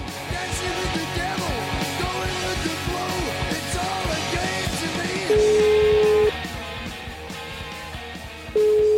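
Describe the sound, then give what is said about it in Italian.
After several seconds of dense, busy music, a telephone ringback tone begins while calling a town mayor: a steady mid-pitched beep lasting about a second, then a pause, then the tone starting again. “E facciamo una telefonatina a sto sindaco, vabbè, vediamo che ci dice.”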